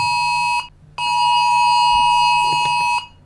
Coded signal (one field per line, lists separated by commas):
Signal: Emergency Alert System (SAME) tones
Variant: 853 and 960 Hz attention tone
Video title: The War to End All Wars: An EAS Scenario